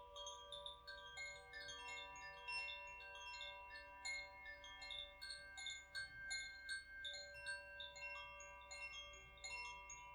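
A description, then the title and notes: Crystal singing bowls ring in long, steady tones that overlap and hold across the whole clip. Light, bright strikes land every half second or so, giving a tinkling, chime-like sparkle over the sustained ringing, with a soft low hum underneath. Enjoy the healing sounds of the Alchemy Crystal Singing Bowls.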